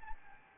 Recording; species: mosquito wingbeat signal from an infrared sensor; Anopheles gambiae